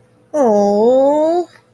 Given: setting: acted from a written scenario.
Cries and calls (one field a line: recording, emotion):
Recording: vocal sound without words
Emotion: adoration